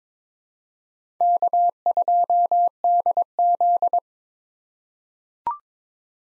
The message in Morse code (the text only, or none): K2DZ